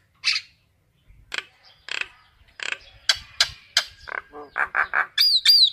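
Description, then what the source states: Common myna giving scattered clicking and croaking notes that quicken into short harsh calls, ending in two high whistled notes. Calling to gather its flock.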